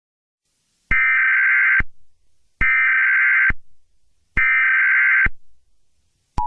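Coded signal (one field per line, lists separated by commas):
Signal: Emergency Alert System (SAME) tones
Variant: header bursts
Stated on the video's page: Fictional EAS scenario based on a film creature, not a real alert.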